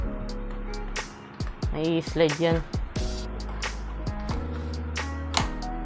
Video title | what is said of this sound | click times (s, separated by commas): [review model 689 sniper pellet gun toy from shoppe]❤️❤️vlog#16🎥#toygunonly #unboxing #airsoft | Ganyan. Nag-click na po siya. | 5.4 s